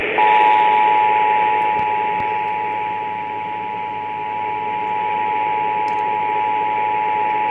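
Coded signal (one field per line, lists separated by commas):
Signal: Emergency Alert System (SAME) tones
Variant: 853 and 960 Hz attention tone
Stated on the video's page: Tennessee Required Monthly Test, recorded off an AM radio station.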